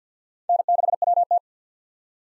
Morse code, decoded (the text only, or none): N6WT